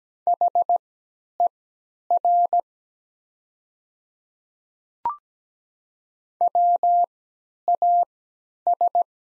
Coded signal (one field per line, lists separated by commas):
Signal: Morse code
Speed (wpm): 17 wpm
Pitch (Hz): 700 Hz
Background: none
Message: HER WAS